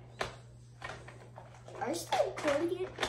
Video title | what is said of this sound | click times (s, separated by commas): October 10, 2022 | it snaps back in | 0.2 s